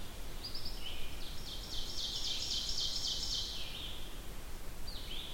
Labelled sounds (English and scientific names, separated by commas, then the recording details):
Ovenbird (Seiurus aurocapilla) song
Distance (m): 70 m
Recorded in boreal forest in Alberta, Canada, on 14 June 2016 at 06:36
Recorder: SongMeter 3, array SBT-3-33
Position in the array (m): 127 m, 36 m
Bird 21